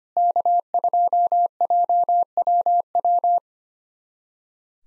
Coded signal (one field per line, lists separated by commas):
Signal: Morse code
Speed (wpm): 25 wpm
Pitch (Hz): 700 Hz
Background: none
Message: K2JWW